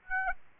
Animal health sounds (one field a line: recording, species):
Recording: mosquito wingbeat signal from an infrared sensor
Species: Aedes aegypti